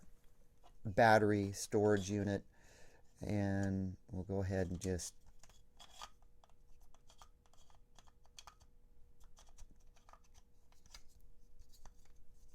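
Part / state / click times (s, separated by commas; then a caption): battery storage core into rifle pistol grip / not seated / none. Someone talks, then an older battery storage core is handled at the bottom of a polymer Magpul MIAD 1.1 rifle pistol grip, with faint scrapes and light ticks. The core has not snapped into the grip yet, and nothing has seated or clicked.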